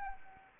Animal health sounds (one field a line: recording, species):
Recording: mosquito wingbeat signal from an infrared sensor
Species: Anopheles arabiensis